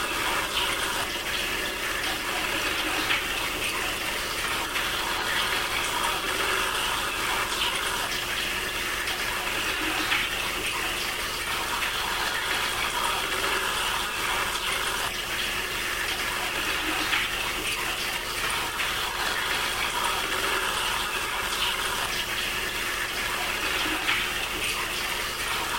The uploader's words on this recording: Kettle and hum. Recording by Mark Bodah, Amherst MA.